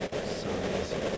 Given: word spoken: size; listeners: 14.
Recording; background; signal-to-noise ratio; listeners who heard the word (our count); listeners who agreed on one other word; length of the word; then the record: one English word in noise, from a listening test; noise modulated by three-talker babble; -6.3 dB; 2 of 14; 6 of 14; 0.78 s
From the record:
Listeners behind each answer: 6, 2, 1, 1, 1, 1, 1, 1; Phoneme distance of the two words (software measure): 17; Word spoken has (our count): 1 syllable, 3 phonemes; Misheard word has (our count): 1 syllable, 4 phonemes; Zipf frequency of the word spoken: 5.09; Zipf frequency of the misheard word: 2.76